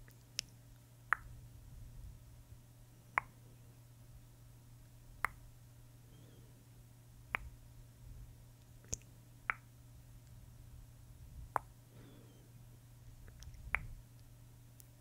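Sharp, wet tongue clicks pop out every one to two seconds, some bright and some duller, over a steady low hum.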